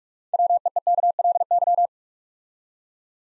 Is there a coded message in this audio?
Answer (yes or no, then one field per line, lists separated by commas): yes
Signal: Morse code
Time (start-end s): 0.3-1.9 s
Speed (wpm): 44 wpm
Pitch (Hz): 700 Hz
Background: none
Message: WEEKLY